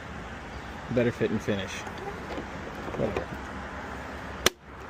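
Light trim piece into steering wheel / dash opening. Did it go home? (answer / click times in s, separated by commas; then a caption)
yes / 4.5 s. A light trim piece is pressed into its opening in the steering wheel or dash after a new steering wheel and clock spring are installed on a 2011–2016 Ford Super Duty. Someone talks between about 1 and 3.3 seconds over low background noise. At 4.5 seconds a single sharp snap is heard as the piece seats easily into place.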